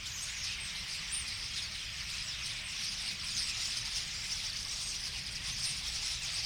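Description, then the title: Common starling flock producing an even, continuous high twitter with scattered sharp whistled notes, over a quiet low rumble of traffic. Flock singing in a tree at Boldixumstieg, Nieblum, Germany; cars in background; Zoom H3-VR ambisonic recorder, binaural stereo rendering, edited in Audacity. "Boldixumstieg, 25938 Nieblum, Deutschland - Ein Vogelschwarm Stare. A flock of birds starlings"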